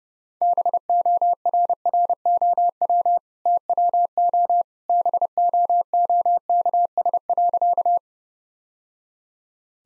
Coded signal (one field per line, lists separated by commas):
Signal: Morse code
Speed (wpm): 32 wpm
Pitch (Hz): 700 Hz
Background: none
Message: BORROW TWO BOOKS.